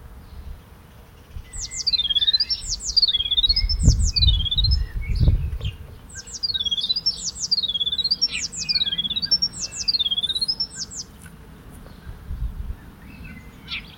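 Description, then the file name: Eurasian blue tit calling in two runs of high, hooked notes that swoop down then up, with soft low rumble beneath. "Cyanistes caeruleus"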